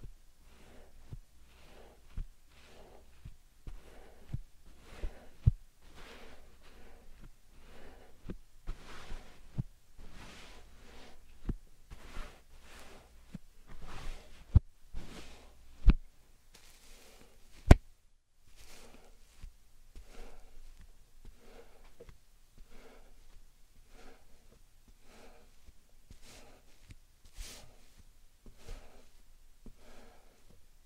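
Slime and sand are squished in a steady, even rhythm, each soft crackling press repeating a little faster than once a second for the whole half minute. Sharp snaps punctuate some presses, loudest around sixteen and eighteen seconds, over a faint low hum.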